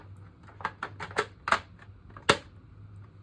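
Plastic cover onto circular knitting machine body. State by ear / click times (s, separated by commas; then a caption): seated / 2.3 s. A plastic cover is pressed back onto a reassembled circular knitting machine with the needles still out, making several light plastic knocks. At 2.3 s a loud, sharp snap is heard as the cover seats into place.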